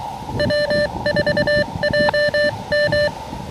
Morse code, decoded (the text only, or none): W4JM